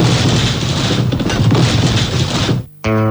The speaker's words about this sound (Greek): Αυτό είναι το Ζάπιο που γκρεμίστηκε.